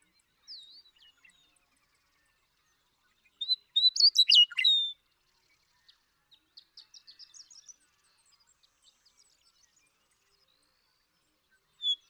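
Western meadowlark delivering one full song of whistles and a bubbling flourish midway, with faint scattered high notes before and after.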